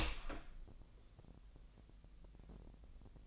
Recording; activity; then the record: daily activity, microphone in the room; open door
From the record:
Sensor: 5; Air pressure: 1001.6 hPa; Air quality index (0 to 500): 248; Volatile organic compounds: 32 ppm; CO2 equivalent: 3010 ppm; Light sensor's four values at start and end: 39/92/37/36 and 38/88/35/34